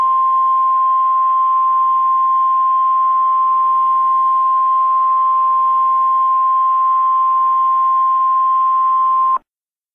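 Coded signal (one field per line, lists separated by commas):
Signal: Emergency Alert System (SAME) tones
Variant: 1050 Hz attention tone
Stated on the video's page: Mock EAS alert, a simulated scenario rather than a real activation.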